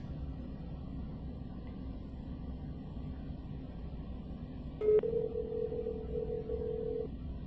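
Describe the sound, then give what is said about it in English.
A click followed by a single steady telephone dialing tone, mid-pitched and lasting about two seconds, over a constant low droning rumble, as a call is placed to the pallet man. No one speaks. “Let's call the pallet man.”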